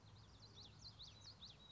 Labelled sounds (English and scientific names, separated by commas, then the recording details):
Common Yellowthroat (Geothlypis trichas)
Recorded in Sonoma County, California